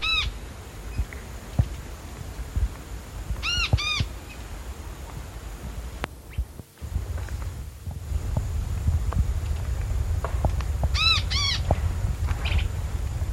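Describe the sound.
Bird giving arched harmonic calls at the start, a pair around four seconds and another pair near eleven seconds, with a persistent low rumble and a brief dropout midway.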